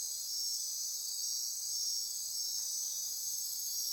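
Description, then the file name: Insects in a continuous high-pitched chorus of layered shrill trills, unbroken and even throughout. Insect chorus recorded at midnight near Corcovado. "Wind-is-the-Original-Radio-Fridays Andy-Martin Midnight-Insect-Chorus-Near-Corcovado"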